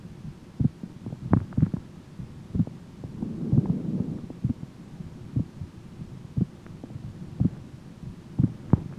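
Heartbeats near 60 a minute with uneven spacing and early extra beats, an extrasystole rhythm, heard through a stethoscope.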